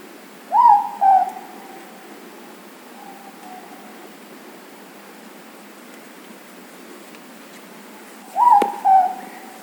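Morepork hooting, a clear two-note call with the second note lower, given once near the start and again near the end, with a faint note between.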